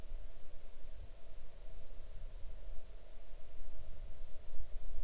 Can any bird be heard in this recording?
no